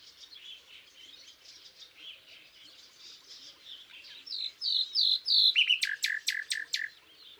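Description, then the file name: Common nightingale song: soft chattering notes build into loud whistled phrases, then a burst of sharp, evenly repeated notes. "Luscinia megarhynchos"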